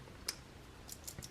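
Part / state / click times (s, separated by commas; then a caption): folding multitool part into the multitool handle / seated / 0.3 s. A folding part of a Gerber Center-Drive multitool is closed into the multitool handle and snaps back into place with a sharp click at 0.3 s. Fainter ticks follow at about 0.9 and 1.2 s, and the part is seated.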